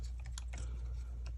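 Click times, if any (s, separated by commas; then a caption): none. An injector wiring connector is handled and pushed toward a fuel injector on a C5 Corvette. A few light, sharp ticks occur over a steady low hum, the strongest near 0.4 s. Nothing has seated or clicked into place yet.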